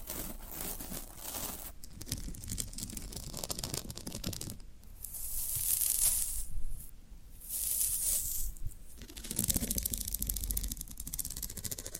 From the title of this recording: Floral Foam Sounds